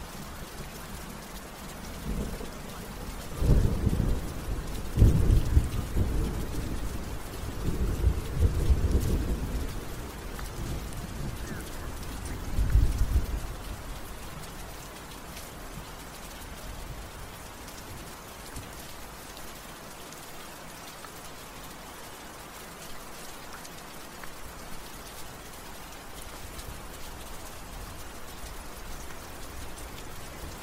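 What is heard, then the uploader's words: Rain falls steadily, a dense, even hiss across the whole clip. In the first thirteen seconds low rumbling swells rise and fall several times, loudest around four, eight and twelve seconds, then fade, leaving only the constant patter of rain. Gotham city ambience | night city | rain sounds.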